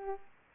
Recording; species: mosquito wingbeat signal from an infrared sensor; Culex pipiens